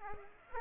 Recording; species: mosquito wingbeat signal from an infrared sensor; Aedes aegypti